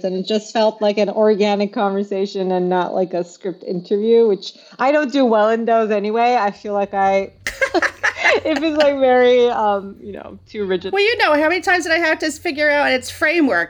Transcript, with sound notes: and it just felt like an organic conversation and not like a script interview, which I don’t do well in those anyway. I feel like I, (laughs) if it’s like very, you know, too rigid.
Well, you know, how many times did I have to figure out, it’s framework.